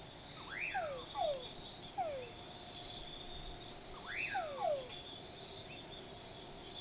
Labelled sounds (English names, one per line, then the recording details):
Common Pauraque
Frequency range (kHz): Common Pauraque 0.8-3.0 kHz
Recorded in forest near Pivijay, Magdalena, Colombia, on 18 April 2023 at 03:30
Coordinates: 10.467, -74.380
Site Z5-G034